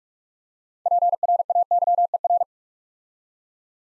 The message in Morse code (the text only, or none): PRAYER